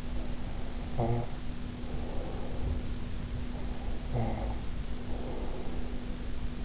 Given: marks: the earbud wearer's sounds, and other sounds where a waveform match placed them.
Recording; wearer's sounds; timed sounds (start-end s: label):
sounds in sleep by an in-ear microphone; snoring breath
0.00-3.02 s: snoring breath
3.45-6.48 s: snoring breath